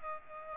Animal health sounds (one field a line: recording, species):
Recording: mosquito wingbeat signal from an infrared sensor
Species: Aedes aegypti